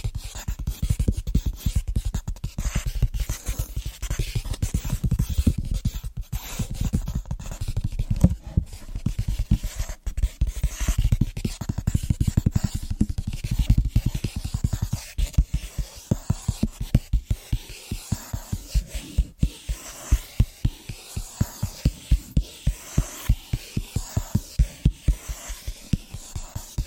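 Fast, rhythmic tapping on different surfaces runs the whole way through as a dense stream of quick, dull knocks with a low thud to them. The first half is thicker and louder; after about fifteen seconds the taps thin out into crisper, evenly spaced strikes.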